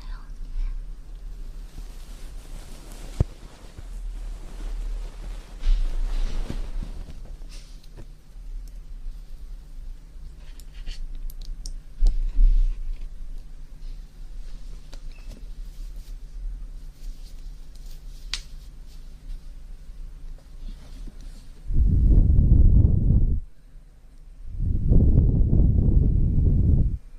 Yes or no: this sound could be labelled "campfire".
no